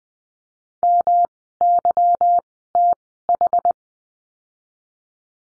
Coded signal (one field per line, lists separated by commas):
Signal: Morse code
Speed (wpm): 19 wpm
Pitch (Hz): 700 Hz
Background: none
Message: MYTH